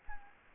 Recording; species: mosquito wingbeat signal from an infrared sensor; Anopheles gambiae